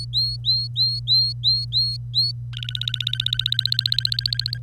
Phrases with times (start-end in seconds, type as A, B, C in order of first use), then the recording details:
0.00-2.32 A, 2.53-4.58 B. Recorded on 25 April 2018 at 08:56. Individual llb3